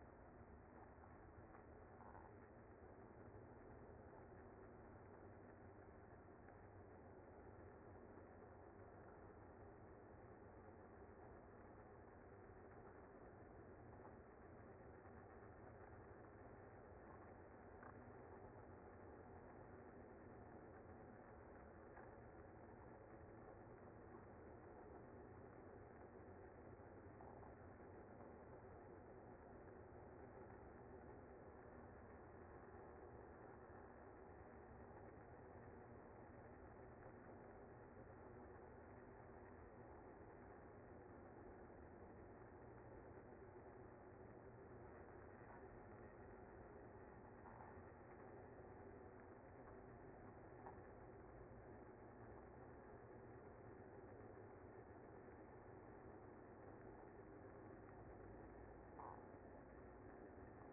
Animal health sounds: honeybee colony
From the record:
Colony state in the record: active

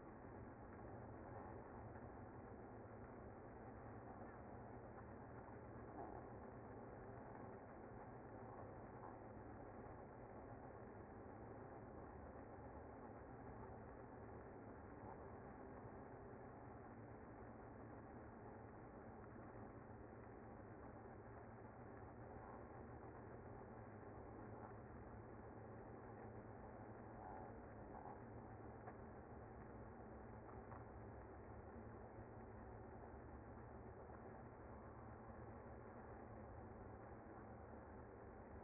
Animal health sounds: honeybee colony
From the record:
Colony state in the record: active

